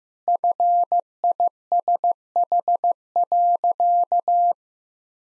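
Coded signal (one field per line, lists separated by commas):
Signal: Morse code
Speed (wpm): 15 wpm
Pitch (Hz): 700 Hz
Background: none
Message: FISH.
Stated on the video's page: Morse practice of easy sentences with contextual hints at 15 wpm.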